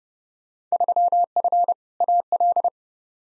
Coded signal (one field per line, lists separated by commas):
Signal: Morse code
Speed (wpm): 31 wpm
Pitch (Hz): 700 Hz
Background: none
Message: 3F AL